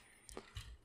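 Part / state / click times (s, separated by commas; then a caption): sliding plastic panel into its rail on a transforming robot toy / seated / 0.3 s. A plastic panel on a Transformers War for Cybertron: Siege Ultra Magnus robot toy is slid up from one rail to another. It seats with a sharp click at 0.3 s, followed by softer plastic handling knocks around 0.4 s and 0.6 s. The panel clicks into place on the rail.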